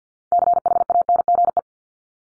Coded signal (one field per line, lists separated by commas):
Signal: Morse code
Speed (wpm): 50 wpm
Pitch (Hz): 700 Hz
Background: none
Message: CHANGE